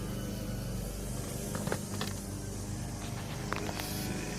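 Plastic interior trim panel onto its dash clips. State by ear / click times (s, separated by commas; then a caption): seated / 3.5 s. After the cabin air filter is replaced in an Infinity G37, the plastic interior trim panel is pressed back onto its dash clips over a steady low hum. A few light knocks come first, then a sharp snap at 3.5 s as the panel seats.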